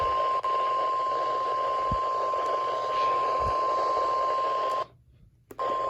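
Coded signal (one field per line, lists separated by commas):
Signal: Emergency Alert System (SAME) tones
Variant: 1050 Hz attention tone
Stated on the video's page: Unexpected Severe Thunderstorm Warning received from weather radio station KIH58.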